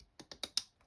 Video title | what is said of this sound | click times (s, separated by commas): Fanhome - Robocop: Building an Icon - Stage 21 | like that clicks into place | 0.4 s, 0.6 s